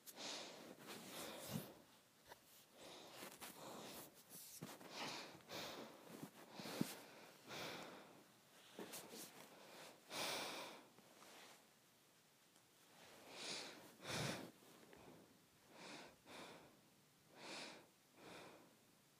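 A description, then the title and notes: Breathing through the nose, in short airy sniffs and snorts that come every second or so, then slow into softer, evenly spaced breaths after about twelve seconds. Each breath is a bright, hissy burst, and a few sharper snorts stand out near the start. ASMR Nose Breathing.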